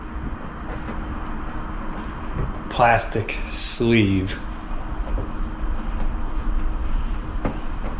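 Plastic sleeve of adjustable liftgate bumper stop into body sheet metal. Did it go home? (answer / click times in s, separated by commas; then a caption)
yes / 7.4 s. On a Tesla Model Y, the outer plastic sleeve of an adjustable liftgate bumper stop is tightened against the body sheet metal while the rubber stop piece is held still, as someone talks over a steady background hum. A small click at 7.4 s marks the sleeve's contoured bottom catching the metal and jamming in place, seated.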